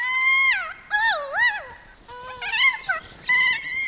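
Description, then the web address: Kea calls: a series of warbling, looping harmonic notes that dip and rise in pitch, broken by short pauses. Several keas, behaving playfully. "BIRD NOTE. Playful Keas"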